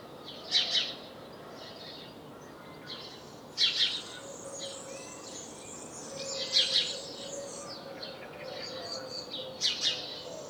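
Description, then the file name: House sparrow chirps, four bursts of doubled notes roughly every three seconds, with soft twittering and persistent background noise. "Passer domesticus"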